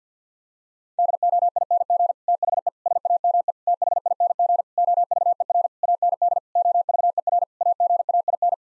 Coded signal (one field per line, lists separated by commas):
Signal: Morse code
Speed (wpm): 50 wpm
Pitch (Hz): 700 Hz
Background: none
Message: DOING THE SAME THING OVER AND OVER AGAIN